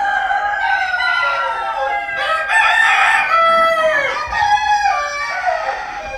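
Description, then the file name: Chicken: rooster crowing, long harmonic crows following one another, the last trailing off at the end. Rooster recorded at Wintershove. "haan wintershove"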